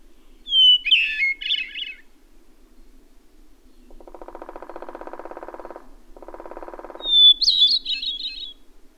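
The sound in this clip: Bird song in two short phrases, each a high whistle breaking into a twittering warble, with two bursts of a lower buzzing, pulsed sound in the pause between them.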